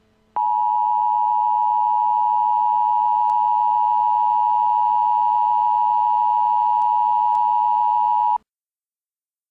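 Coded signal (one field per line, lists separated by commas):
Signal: Emergency Alert System (SAME) tones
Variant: 853 and 960 Hz attention tone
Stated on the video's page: Simulated EAS scenario recreation using valid EAS tones produced with an Emergency Alert System Generator.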